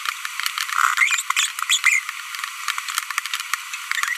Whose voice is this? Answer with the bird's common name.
Green-rumped Parrotlet